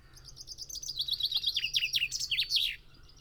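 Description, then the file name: Common chaffinch singing one full phrase, accelerating descending notes ending in a sharp twisted flourish, then quiet; soft background hiss. "Fringilla coelebs"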